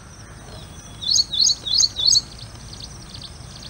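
Ashy prinia calling: four sharp, high, bouncy notes in a quick series lasting about one second, with faint bird calls and steady background hiss.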